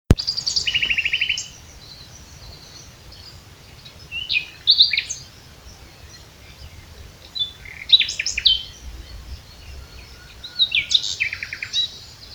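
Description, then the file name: Common nightingale with a rapid rattling trill at the start, then separate phrases of varied sharp notes and quick repeated chips spaced through the recording. "Luscinia megarhynchos"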